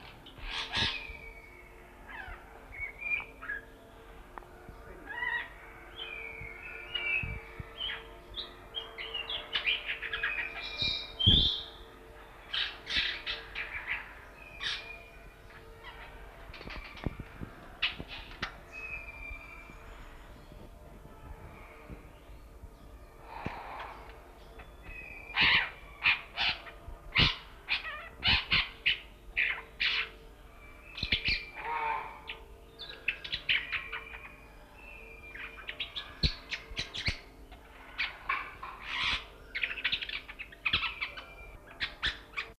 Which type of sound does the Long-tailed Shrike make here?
call